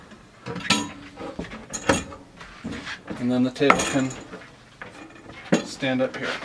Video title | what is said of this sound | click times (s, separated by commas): Flagstaff 228 Tent Trailer | make sure each one gets locked into place | 0.7 s, 1.9 s